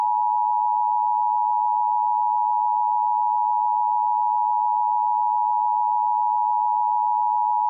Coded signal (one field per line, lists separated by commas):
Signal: Emergency Alert System (SAME) tones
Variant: 853 and 960 Hz attention tone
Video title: EAS Scenario: evil Phoebe and the evil crew